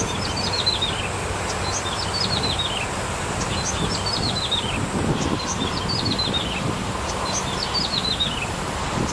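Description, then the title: Bar-winged prinia song in repeated bursts of descending, high-pitched chips over a continuous noisy background. "Suara Burung Ciblek"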